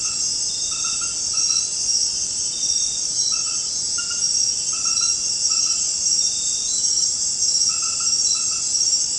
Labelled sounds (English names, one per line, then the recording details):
none
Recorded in secondary vegetation near Puerto Asís, Putumayo, Colombia, on 19 March 2025 at 20:30
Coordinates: 0.484, -76.319
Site G010